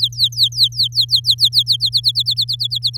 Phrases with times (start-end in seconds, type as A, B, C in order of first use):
0.00-1.76 A, 1.80-2.97 B